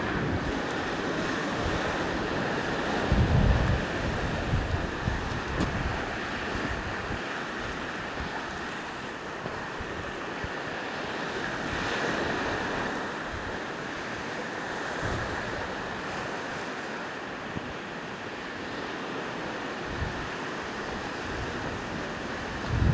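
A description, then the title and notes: Gentle ocean waves wash steadily onto a beach, a continuous hiss of surf with no single large breaker standing out. Low wind gusts buffet the microphone now and then, with a stronger thump near three seconds and again at the very end. Grange Strand, gentle wave flow. Grange Strand, Fethard on Sea, New Ross, Wexford.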